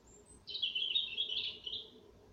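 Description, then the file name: European robin song: one continuous, high, liquid warble lasting under two seconds, rippling and wavering before fading away. "Erithacus rubecula"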